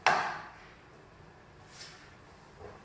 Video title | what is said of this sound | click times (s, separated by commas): LCS 710 P Laboratory Carbonator - Can Adapter - How to use | you may need to press the lid down a bit now the bayonet can be locked and it will snap into place | 0.1 s